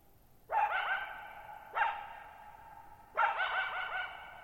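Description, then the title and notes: Coyote uttering three loud, harsh barks over about four seconds, each tail echoing long after the call ends. Lone coyote at night, July 14, 2019, Thirtymile Meadows, Okanogan National Forest, Okanogan High Country, Pacific Northwest, 6400 ft (1950 m), high dry plateau; shallow bowl-shaped meadow. "Lone Coyote at Thirtymile Meadows. I spent the night of July 14, 2019, camped near Thirtymile Meadows in the Okanogan National Forest at 6400 ft (1950 m)"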